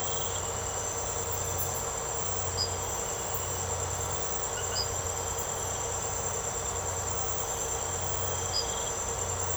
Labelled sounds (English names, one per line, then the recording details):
none
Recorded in secondary vegetation near Puerto Asís, Putumayo, Colombia, on 13 March 2025 at 02:00
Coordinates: 0.468, -76.324
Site G059